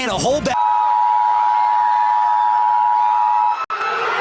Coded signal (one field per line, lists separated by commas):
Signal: Emergency Alert System (SAME) tones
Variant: 853 and 960 Hz attention tone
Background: speech